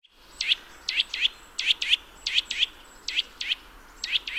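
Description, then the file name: Eurasian nuthatch uttering quick sharp high calls, often in pairs, loud over a low background hiss. "Sitta europaea"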